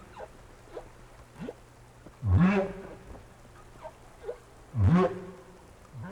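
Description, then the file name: Whale call, two strong deep upsweeping grunts about two and a half seconds apart, with faint calls in between. "tower whales"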